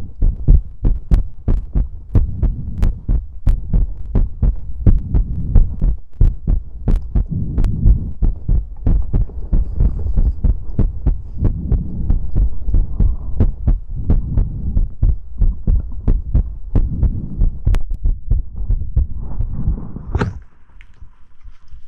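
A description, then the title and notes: Mouth sounds: a dense, quick run of wet clicks and smacks over a soft, low throbbing murmur that continues throughout. Near the twenty-second mark a sharper, brighter smack stands out, followed by a faint thin tone as things quiet down. ASMR Mouth Sounds.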